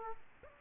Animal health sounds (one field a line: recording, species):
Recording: mosquito wingbeat signal from an infrared sensor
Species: Aedes aegypti